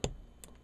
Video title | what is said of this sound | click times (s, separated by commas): Collar Tutorial 2 | push them down to you hear them click | 0.0 s, 0.4 s